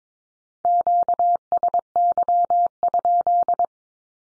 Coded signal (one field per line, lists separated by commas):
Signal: Morse code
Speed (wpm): 22 wpm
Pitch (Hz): 700 Hz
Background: none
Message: QSY?